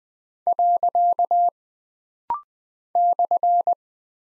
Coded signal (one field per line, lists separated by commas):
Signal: Morse code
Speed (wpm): 20 wpm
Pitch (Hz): 700 Hz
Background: none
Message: . /